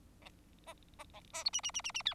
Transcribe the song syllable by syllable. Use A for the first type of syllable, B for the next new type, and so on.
A A B A C D D D D D E